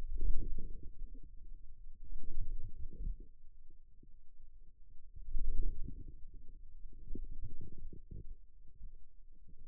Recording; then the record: forearm muscle sounds (acoustic myography)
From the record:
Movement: wrist extension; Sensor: system 2, bracelet of six BSWA MPA416 microphones around the upper forearm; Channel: 5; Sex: male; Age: 22 years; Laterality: right